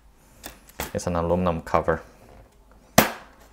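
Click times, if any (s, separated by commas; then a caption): 3.0 s. The aluminum bottom cover of a Lenovo ThinkPad X1 Carbon Gen 4 laptop is tilted, its tabs are slid in along the bottom edge, and it is pressed down onto the chassis during a battery replacement while someone talks. A sharp click rings out at 3.0 s as the cover snaps into place, fully seated.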